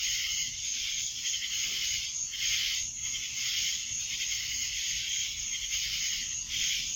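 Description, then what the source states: Cicada chorus, a bright hissing buzz swelling in repeated surges every second or so, with little else heard. Cicadas recorded in Annapolis in July 2012.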